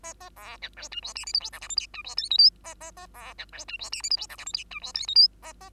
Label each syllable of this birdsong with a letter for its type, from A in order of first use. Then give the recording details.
A A B C D E F G H I J K L M N E F O P Q A A A B C D E F G H I J K L M N E F O P Q A A. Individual Bird2